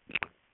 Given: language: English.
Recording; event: throat vibration sensor signal played as sound; swallow